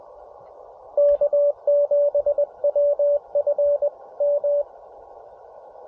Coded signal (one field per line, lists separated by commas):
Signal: Morse code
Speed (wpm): 21 wpm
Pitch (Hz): 580 Hz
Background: radio noise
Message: K7WFM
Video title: CW POTA Activates Secret Agent